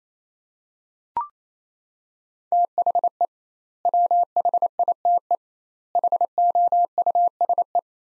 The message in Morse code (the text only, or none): THE WHITE HOUSE